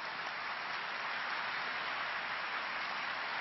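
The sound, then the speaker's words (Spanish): Steady audience applause for a speaker after a lecture at the Universidad Autónoma de Guadalajara, with dense, even clapping that holds at a constant moderate level throughout, a continuous crackling wash with no voices over it. “Le damos un merecido aplauso”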